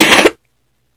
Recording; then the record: coughing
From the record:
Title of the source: 61 morning phlegmy cough...again